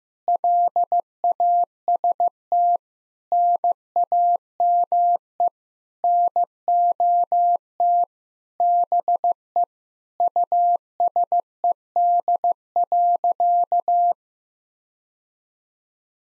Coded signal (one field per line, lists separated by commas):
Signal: Morse code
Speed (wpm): 15 wpm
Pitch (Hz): 700 Hz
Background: none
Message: LAST NAME NOT BE USED.